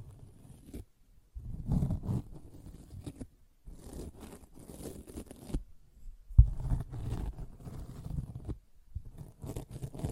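A sponge is scratched and squished in bursts of rough, rasping scraping, with short silent gaps between strokes. The sound is strongest in the low range with a thin hiss on top, and a sharp snap near the middle stands out.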